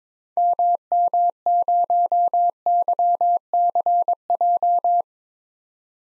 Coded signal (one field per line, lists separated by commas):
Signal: Morse code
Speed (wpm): 22 wpm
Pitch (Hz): 700 Hz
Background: none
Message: MM0YCJ